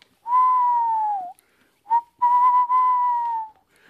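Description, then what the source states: Tawny owl hooting: a long, gently falling hoo, a pause, one short note, then a longer hoot broken once and falling at the end. Lives in forest; heard in the evening near woods.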